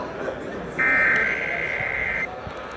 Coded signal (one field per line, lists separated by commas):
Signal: Emergency Alert System (SAME) tones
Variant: header bursts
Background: speech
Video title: San Joaquin Valley Required Monthly Test (5/9/23) (EAS #1,027-1,031)